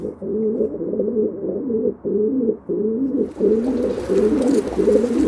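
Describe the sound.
Domestic pigeon cooing, low throaty rolling coos repeated in quick phrases, with faint background noise in the later part.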